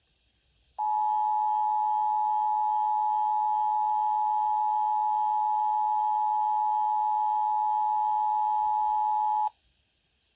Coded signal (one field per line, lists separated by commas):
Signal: Emergency Alert System (SAME) tones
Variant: 853 and 960 Hz attention tone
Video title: September 2023 Texas Required Monthly Test (EAS #457-465)